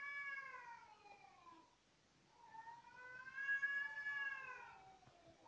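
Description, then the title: Cat yowling in two long, drawn-out harmonic wails, the first falling away, the second rising and then sliding down, over a faint background hiss. Cat calling on the roof of the recordist's house, having come there again. "貓咪又來我們家的屋頂叫了"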